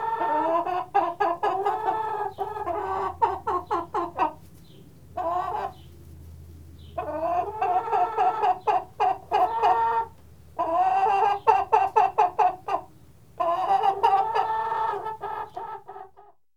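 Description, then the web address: Chicken clucking: long, fast runs of harsh clucks with brief gaps, under a steady low hum. "Winter chickens"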